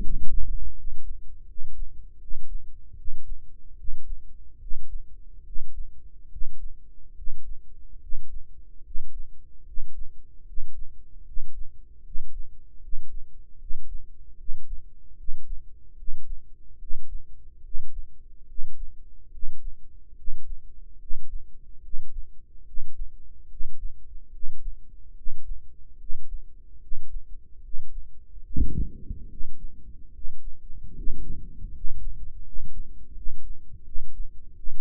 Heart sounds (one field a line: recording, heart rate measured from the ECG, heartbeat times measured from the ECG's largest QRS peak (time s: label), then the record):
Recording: heart sounds by microphone in the right ear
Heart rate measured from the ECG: 75 bpm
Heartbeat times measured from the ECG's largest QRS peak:
0.01 s: heartbeat
0.74 s: heartbeat
1.46 s: heartbeat
2.18 s: heartbeat
2.95 s: heartbeat
3.76 s: heartbeat
4.59 s: heartbeat
5.44 s: heartbeat
6.29 s: heartbeat
7.14 s: heartbeat
7.99 s: heartbeat
8.83 s: heartbeat
9.65 s: heartbeat
10.45 s: heartbeat
11.24 s: heartbeat
12.03 s: heartbeat
12.81 s: heartbeat
13.58 s: heartbeat
14.37 s: heartbeat
15.16 s: heartbeat
15.96 s: heartbeat
16.78 s: heartbeat
17.62 s: heartbeat
18.46 s: heartbeat
19.31 s: heartbeat
20.15 s: heartbeat
20.98 s: heartbeat
21.81 s: heartbeat
22.65 s: heartbeat
23.48 s: heartbeat
24.31 s: heartbeat
25.14 s: heartbeat
25.97 s: heartbeat
26.79 s: heartbeat
27.61 s: heartbeat
28.43 s: heartbeat
29.28 s: heartbeat
30.12 s: heartbeat
30.94 s: heartbeat
31.71 s: heartbeat
32.43 s: heartbeat
33.14 s: heartbeat
33.83 s: heartbeat
34.55 s: heartbeat
From the record:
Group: healthy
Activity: breath hold 0-30 s, rest 30-35 s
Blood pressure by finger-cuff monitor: 106/72 mmHg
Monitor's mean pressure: 80 mmHg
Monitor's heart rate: 73 bpm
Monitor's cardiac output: 6 L/min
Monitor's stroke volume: 81 mL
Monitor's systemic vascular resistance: 990 dyn s/cm5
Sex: male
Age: 35 years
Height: 180 cm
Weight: 86.9 kg